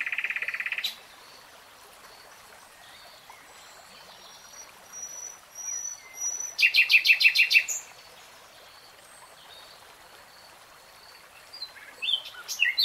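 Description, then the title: Nightingale song: a brief loud trill, quiet drawn-out thin whistles, then a rapid rattling burst of repeated notes, with more phrases starting near the end. Real-time recording of a nightingale singing. "[Tiếng chim hót] REALTIME Nightingale Singing"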